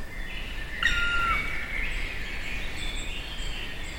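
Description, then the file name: Black woodpecker giving one drawn-out, plaintive whistled note that starts slightly higher and then levels off, lasting about half a second, with faint high bird calls and steady background noise. Recorded at Kelheim on 30 May 2013. "Schwarzspecht 30 05 2013 Kehlheim KEH Daniel Honold"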